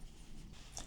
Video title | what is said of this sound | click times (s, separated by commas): Agora Models SAS Willys Jeep Build - Pack 7 - Stages 46-53 | And you heard that snap in there. | 0.8 s